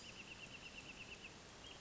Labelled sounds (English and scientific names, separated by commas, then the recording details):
Wrentit (Chamaea fasciata)
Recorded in Sonoma County, California